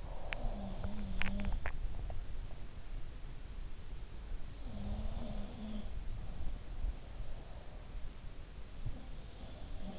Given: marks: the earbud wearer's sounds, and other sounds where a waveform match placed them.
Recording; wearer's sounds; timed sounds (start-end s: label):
sounds in sleep by an in-ear microphone; teeth grinding
0.00-2.54 s: teeth grinding
0.32-1.81 s: sound from someone else or the room
4.64-6.49 s: sound from someone else or the room
8.77-9.99 s: sound from someone else or the room